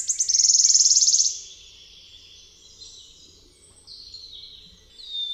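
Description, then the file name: Wood warbler song: a fast, ringing, shivering trill lasting just over a second, followed by a few faint high notes. "Swistunka"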